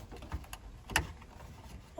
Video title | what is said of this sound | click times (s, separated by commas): Installing a Stiflix 9" touch screen single din car stereo in a 1992 Ford F250 | okay so that clipped on it's in there pretty | 1.0 s